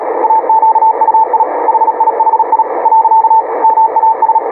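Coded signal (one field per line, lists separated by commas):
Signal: Morse code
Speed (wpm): 40 wpm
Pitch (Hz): 900 Hz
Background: radio noise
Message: AQUI HIHI . MAS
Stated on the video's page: CW contact between two stations testing high-speed (QRQ) sending with a keyboard.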